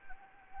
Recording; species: mosquito wingbeat signal from an infrared sensor; Anopheles gambiae